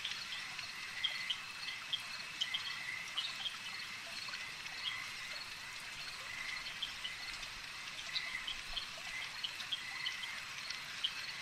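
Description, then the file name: Insects in a steady chorus, a dense high buzzing band with faint sharp ticks and chirps scattered throughout; no other clear sounds. A swarm of insects. "Insect Swarm Ambience"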